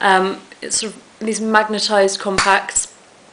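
A magnetized eyeshadow compact is handled while someone talks. Its lid is being brought toward the base, but nothing has seated or clicked yet.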